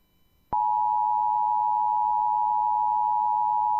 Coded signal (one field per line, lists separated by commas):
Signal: Emergency Alert System (SAME) tones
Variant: 853 and 960 Hz attention tone